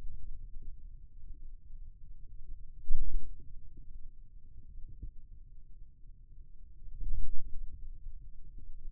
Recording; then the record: forearm muscle sounds (acoustic myography)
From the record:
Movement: ulnar deviation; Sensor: system 2, bracelet of six BSWA MPA416 microphones around the upper forearm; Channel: 2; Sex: male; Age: 22 years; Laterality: right